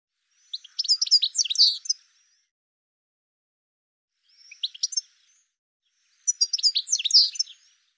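Bird song: three bursts of fast, high, scratchy twittering, the middle one short and quieter, with pauses between them.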